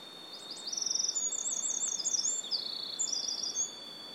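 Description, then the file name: Eurasian wren singing a fast, high-pitched run of chattering trills and warbled notes lasting about three seconds, over a constant faint high whine. "Troglodytes troglodytes"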